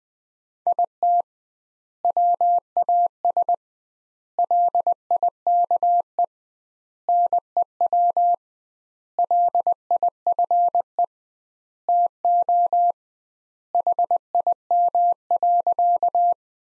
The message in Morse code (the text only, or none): IT WAS LIKE NEW LIFE TO HIM.